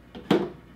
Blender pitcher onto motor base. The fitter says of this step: turn clockwise you hear that click you know the picture is locked into the base